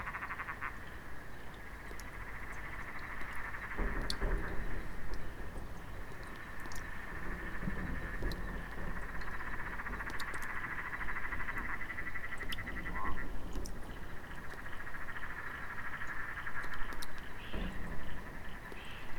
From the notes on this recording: water dripping from the gutters of a remote farmhouse outbuilding after a passing storm at 3am